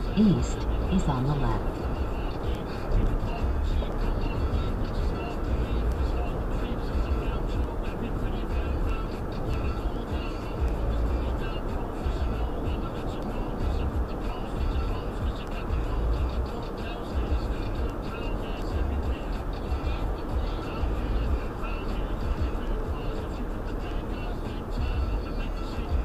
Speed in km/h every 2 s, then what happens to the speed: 97, 97, 97, 92, 90, 89, 87, 85, 85, 84, 84, 85, 85.
0-17 slows to 84. 17-26 steady at about 84.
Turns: none.